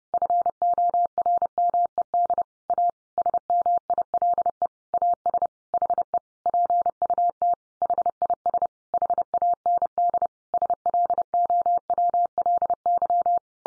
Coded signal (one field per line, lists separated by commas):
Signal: Morse code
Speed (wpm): 30 wpm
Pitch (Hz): 700 Hz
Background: none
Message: FORMED A SMILE AS HE PUT HIS HAND SLOWLY